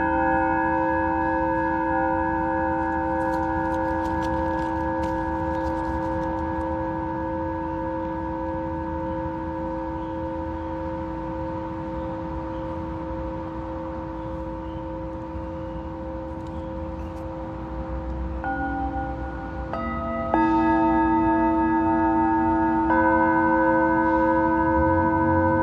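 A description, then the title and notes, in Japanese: A Tibetan singing bowl sings in a steady, sustained ring, its layered tones holding evenly with a slight waver. Near eighteen seconds a new, lower tone enters, and around twenty seconds a fresh strike brings a louder, brighter ring that continues to the end. メキシコから シンギングボウルのサウンドヒーリング。チベタンシンギングボウル。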